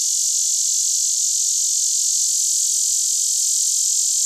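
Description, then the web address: Lyric cicada song, a loud continuous shrill buzz held steady throughout with no breaks; a faint low hum sits far beneath. North America. "Songs of Insects. Lyric Cicada"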